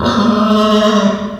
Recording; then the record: squeal of a Yucatan mini pig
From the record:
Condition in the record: after surgery on the right vocal fold (resection and tissue-engineered implant); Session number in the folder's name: 15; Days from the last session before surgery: 175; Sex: female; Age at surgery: 19 weeks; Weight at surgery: 25 kg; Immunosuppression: prednisolone